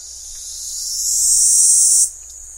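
Keys cicada call: a high, hissing buzz that grows steadily louder for two seconds, then stops sharply, followed by quieter background hiss.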